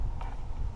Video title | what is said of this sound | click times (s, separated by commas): Saturn SL Spark Plugs, Boots, Valve Cover Gasket & EGR Valve | you hear it click in there | 0.2 s